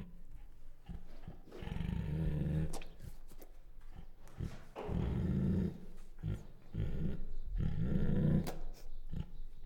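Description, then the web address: Bengal tiger growling in three deep, rumbling bursts of about a second each, separated by quieter breathy pauses. Female; chuffs, growls and whines. "Sound Ideas Tigers Sound Effects"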